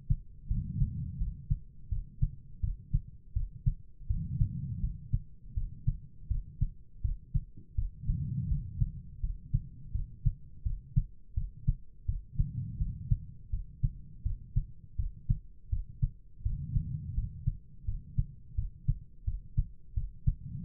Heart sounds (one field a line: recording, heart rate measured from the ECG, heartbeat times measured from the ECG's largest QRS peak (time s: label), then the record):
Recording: heart sounds by stethoscope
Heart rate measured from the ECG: 83 bpm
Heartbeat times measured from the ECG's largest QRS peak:
0.47 s: heartbeat
1.17 s: heartbeat
1.88 s: heartbeat
2.60 s: heartbeat
3.32 s: heartbeat
4.06 s: heartbeat
4.79 s: heartbeat
5.53 s: heartbeat
6.27 s: heartbeat
7.01 s: heartbeat
7.74 s: heartbeat
8.47 s: heartbeat
9.19 s: heartbeat
9.91 s: heartbeat
10.62 s: heartbeat
11.33 s: heartbeat
12.05 s: heartbeat
12.77 s: heartbeat
13.49 s: heartbeat
14.22 s: heartbeat
14.95 s: heartbeat
15.69 s: heartbeat
16.42 s: heartbeat
17.13 s: heartbeat
17.84 s: heartbeat
18.54 s: heartbeat
19.23 s: heartbeat
19.93 s: heartbeat
20.63 s: heartbeat
From the record:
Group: healthy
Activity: rest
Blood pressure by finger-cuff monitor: 98/59 mmHg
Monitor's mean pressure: 75 mmHg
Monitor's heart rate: 84 bpm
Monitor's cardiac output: 6.4 L/min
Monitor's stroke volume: 76 mL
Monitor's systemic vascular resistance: 840 dyn s/cm5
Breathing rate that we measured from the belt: 15 breaths a minute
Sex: female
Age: 43 years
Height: 160 cm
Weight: 90 kg